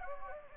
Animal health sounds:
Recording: mosquito wingbeat signal from an infrared sensor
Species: Anopheles gambiae

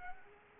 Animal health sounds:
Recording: mosquito wingbeat signal from an infrared sensor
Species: Aedes aegypti

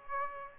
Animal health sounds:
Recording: mosquito wingbeat signal from an infrared sensor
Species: Aedes aegypti

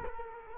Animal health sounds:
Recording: mosquito wingbeat signal from an infrared sensor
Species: Culex quinquefasciatus

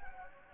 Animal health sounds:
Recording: mosquito wingbeat signal from an infrared sensor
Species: Anopheles gambiae

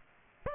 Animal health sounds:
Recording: mosquito wingbeat signal from an infrared sensor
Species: Aedes aegypti

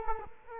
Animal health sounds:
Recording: mosquito wingbeat signal from an infrared sensor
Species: Culex quinquefasciatus

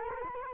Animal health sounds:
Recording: mosquito wingbeat signal from an infrared sensor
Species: Culex quinquefasciatus

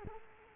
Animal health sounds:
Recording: mosquito wingbeat signal from an infrared sensor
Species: Culex quinquefasciatus

